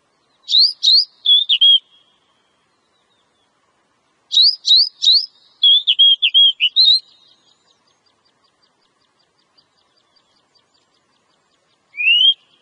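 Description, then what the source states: Oriental magpie-robin song with rapid repeated rising whistles and descending chirps in two bursts, then a lone upslurred whistle after a long pause. Female.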